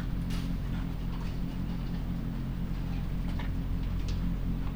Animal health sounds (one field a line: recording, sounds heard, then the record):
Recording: poultry house recording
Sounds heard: sick chickens (respiratory disease)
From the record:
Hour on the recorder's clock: 1